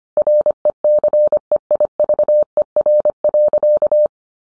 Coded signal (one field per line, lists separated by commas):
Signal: Morse code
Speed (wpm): 25 wpm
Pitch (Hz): 600 Hz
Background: none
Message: RECEIVER.